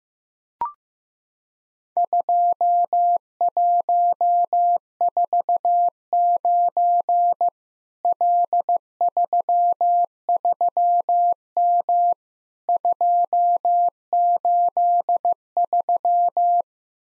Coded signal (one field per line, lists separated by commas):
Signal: Morse code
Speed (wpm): 15 wpm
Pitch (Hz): 700 Hz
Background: none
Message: 2149 L33M 283